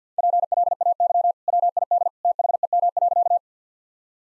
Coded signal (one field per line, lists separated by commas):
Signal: Morse code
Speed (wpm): 50 wpm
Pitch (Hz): 700 Hz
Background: none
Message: PLAY WID THEM.